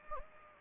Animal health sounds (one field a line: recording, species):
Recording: mosquito wingbeat signal from an infrared sensor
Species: Anopheles gambiae